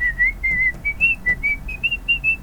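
A person whistles a song melody beside a coffin, clear high tones stepping up and down in short phrases, some notes held and others quick, with no voices and a faint low hum underneath.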